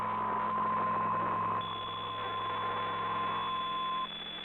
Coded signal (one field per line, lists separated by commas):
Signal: PSK63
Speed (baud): 62.5 baud